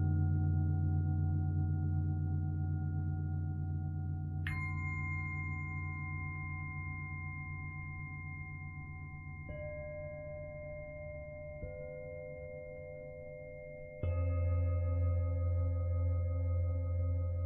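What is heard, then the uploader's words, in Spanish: Tibetan singing bowls ring in long, overlapping tones over a deep, steady hum. New bowls are struck at about 4.5, 9.5, 11.5 and 14 seconds, each adding a clear, sustained pitch, and the last strike makes the sound noticeably fuller. Cuencos Tibetanos.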